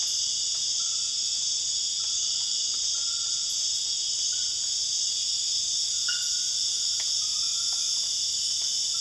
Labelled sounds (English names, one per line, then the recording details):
none
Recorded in dense forest near Puerto Asís, Putumayo, Colombia, on 9 March 2025 at 02:00
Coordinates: 0.481, -76.323
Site G088